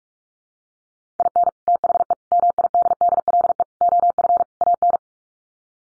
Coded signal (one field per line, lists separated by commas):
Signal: Morse code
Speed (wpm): 44 wpm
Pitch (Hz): 700 Hz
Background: none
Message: IN THE MIDDLE OF AN